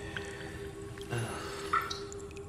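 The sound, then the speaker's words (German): Water drips in a few irregular, plinking drops, each short and bright, over a steady low hum with faint background noise and no voices. “Das Wasser tropft immer noch.”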